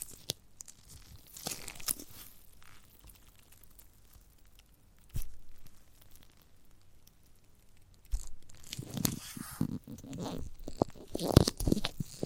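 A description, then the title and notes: Giant gummy bear ASMR: sticky tearing and biting sounds with scattered wet clicks and smacks over the first half, then a quiet stretch. From about eight and a half seconds the chewing turns dense and squelchy, with sharp loud bites near eleven seconds. ASMR of a Giant Gummy Bear (No Talking).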